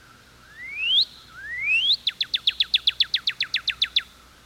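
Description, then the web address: Northern cardinal song: two slurred whistles sweeping upward, then a quick run of short, sharply falling notes repeated several times per second. "peterchen. 101 Bird Songs. Cardinal"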